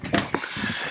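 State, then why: Seated. A hand holds back the supply line of a Mansfield toilet while pulling the knob of its push-pull water-supply shutoff valve toward the body, so the tank can drain without refilling. A short rustling handling noise comes first, then a sharp click at 0.3 s as the valve seats in the closed position, followed by a steady faint hiss.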